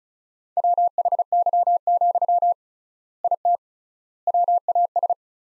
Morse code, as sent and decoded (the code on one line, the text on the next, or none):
.-- .... -.-- --..-- / .. - / .-- .- ...
WHY, IT WAS